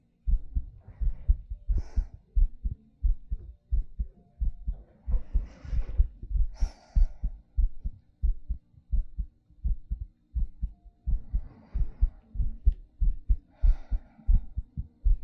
ASMR Heartbeat Breathing.